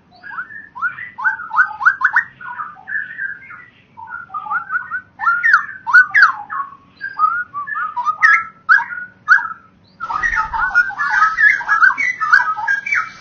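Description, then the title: Oriental magpie-robin in lively song, rapid chattering whistles and trills strung together, growing denser and harsher toward the end. "Kicau Kacer"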